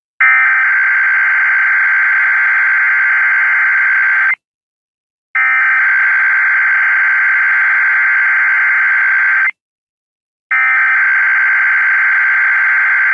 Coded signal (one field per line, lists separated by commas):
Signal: Emergency Alert System (SAME) tones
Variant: header bursts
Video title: EAS 60-61. SVR and WT on WJON IP